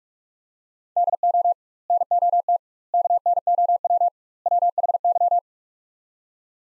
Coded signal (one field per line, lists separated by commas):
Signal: Morse code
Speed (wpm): 45 wpm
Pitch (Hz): 700 Hz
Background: none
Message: DO NOT KNOW WHY